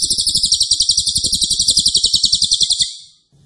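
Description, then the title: Cililin song: one loud, high-pitched, rapid-fire trill of tightly packed pulses lasting about three seconds, then fading out. Loud, dense rapid-fire song style ('nembak keras dan rapat'), used as a favourite training recording (masteran) for oriental magpie-robin, leafbird and white-rumped shama. "Cililin NEMBAK KERAS dan RAPAT masteran murai batu cucak ijo dan kacer"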